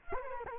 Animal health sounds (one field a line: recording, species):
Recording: mosquito wingbeat signal from an infrared sensor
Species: Culex quinquefasciatus